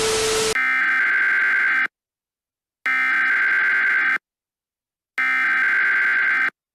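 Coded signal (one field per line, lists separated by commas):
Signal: Emergency Alert System (SAME) tones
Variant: header bursts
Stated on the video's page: Fictional EAS scenario, analog horror.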